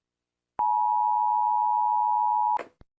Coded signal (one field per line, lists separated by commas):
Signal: Emergency Alert System (SAME) tones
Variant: 853 and 960 Hz attention tone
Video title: EAS (film)